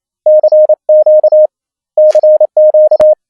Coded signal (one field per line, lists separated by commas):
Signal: Morse code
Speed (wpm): 29 wpm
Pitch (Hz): 620 Hz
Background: none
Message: CQ CQ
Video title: Morse Code QSO over the internet - software setup - config 5 - Jackrouter, sineCW vst plugin